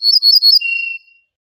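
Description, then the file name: Ortolan bunting singing a short phrase of several bright repeated notes that ends in one long, steady, lower note. "suara kicauan ortolan"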